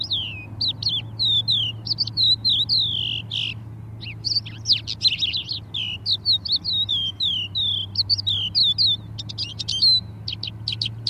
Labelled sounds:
Crested Lark (Galerida cristata) song

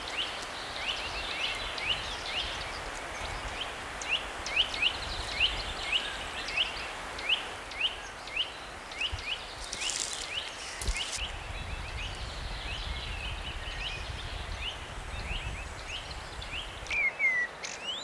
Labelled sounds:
Common Blackbird (Turdus merula) song

